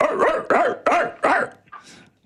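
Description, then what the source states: Labrador Retriever barking: four loud barks in quick succession, followed by a softer fifth. Present in a radio studio during a broadcast.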